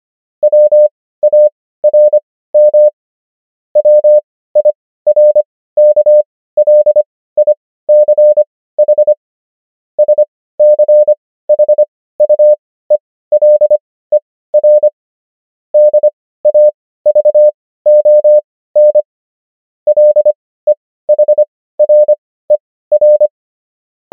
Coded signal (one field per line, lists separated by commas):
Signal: Morse code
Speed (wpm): 25 wpm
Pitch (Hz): 600 Hz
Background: none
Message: WARM WIRKLICH SCHUELER DAVON LEHRER